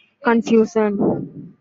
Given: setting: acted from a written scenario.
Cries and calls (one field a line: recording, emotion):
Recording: vocal sound without words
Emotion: confusion